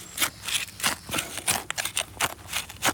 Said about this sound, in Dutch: En wat ik dan doe, is om zo min mogelijk risico te lopen, is eerst de plant afknippen. Dit is een kleine plant, dus dat kan met een schaar.